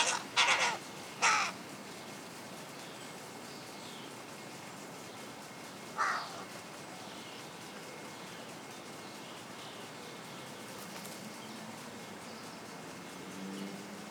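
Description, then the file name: Carrion crow giving a few harsh caws in the opening seconds and one more later, followed by a long quiet stretch of faint background hiss. "Corvus corone"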